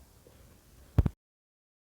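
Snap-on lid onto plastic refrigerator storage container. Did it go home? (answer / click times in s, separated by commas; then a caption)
yes / 1.0 s, 1.1 s. A snap-on plastic lid is pressed down on both sides onto a plastic refrigerator storage container. After a quiet stretch of low background noise, two sharp snaps sound at 1.0 s and 1.1 s as the lid locks shut, followed by silence. The lid is seated and properly locked.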